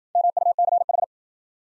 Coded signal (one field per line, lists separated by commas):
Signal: Morse code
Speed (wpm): 53 wpm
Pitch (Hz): 700 Hz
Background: none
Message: MUCH